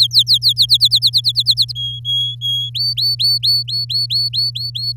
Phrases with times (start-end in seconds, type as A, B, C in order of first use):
0.00-0.53 A, 0.56-1.73 B, 1.75-2.70 C, 2.75-4.92 D